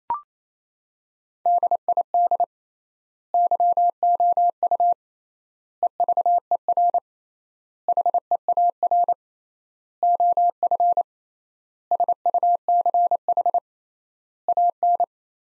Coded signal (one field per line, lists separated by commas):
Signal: Morse code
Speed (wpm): 27 wpm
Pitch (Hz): 700 Hz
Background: none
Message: DID YOU EVER HEAR OF SUCH AN